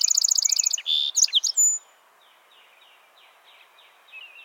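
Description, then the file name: Song sparrow song: a fast run of repeated high notes, then a buzzy note and a few sharp notes. Softer, scattered chips follow. "Melospiza melodia - Song Sparrow"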